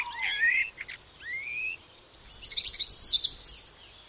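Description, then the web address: Bird song with a falling whistle and upslurred notes, then a rapid burst of high, sharp chirping twitters, over a soft background hiss. Birds in the early morning. "Tom Hutchings Birds Early Morning"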